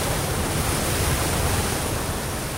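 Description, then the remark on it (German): Ocean waves wash against a rowing boat in a steady, dense roar of rushing water, with a faint hiss of headwind mixed in and no voices; the boat is rowed, not sailed, up and down the waves. “Wir haben Gegenwind, wir können keine Segel setzen, wir nehmen jede Welle mit, wir fahren berghoch, bergunter, aber können nicht segeln.”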